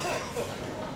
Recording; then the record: coughing mixed with background sound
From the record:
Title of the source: Spring Cold Coughing 2